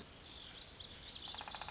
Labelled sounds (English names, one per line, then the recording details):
Lazuli Bunting
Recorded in Sonoma County, California